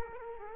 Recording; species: mosquito wingbeat signal from an infrared sensor; Culex quinquefasciatus